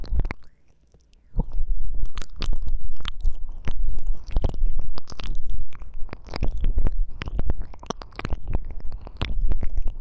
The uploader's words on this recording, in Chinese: 音壓感深度舔耳 | 耳舐 | Ear Licking | NO Talking。